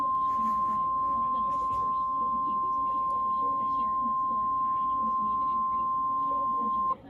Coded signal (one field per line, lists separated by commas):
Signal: Emergency Alert System (SAME) tones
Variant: 1050 Hz attention tone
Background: speech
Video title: Tornado Warning (EAS 72)